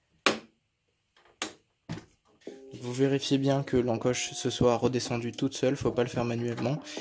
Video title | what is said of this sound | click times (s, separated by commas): Les Meilleures RAM PC ? G.Skill Trident Z Neo (16Go 3600Mhz C16) - Unboxing & Setup | une fois qu'il est rentré il suffit juste de le clip c'est donc vous mettez un doigt de chaque côté et vous appuyez proportionnellement de chaque côté jusqu'à entendre les deux clips | 0.3 s, 1.4 s